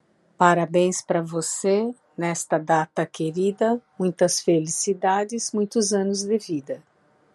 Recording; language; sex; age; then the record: short text; Brazilian Portuguese; female; 60 to 69 years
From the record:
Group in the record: control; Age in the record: 60 years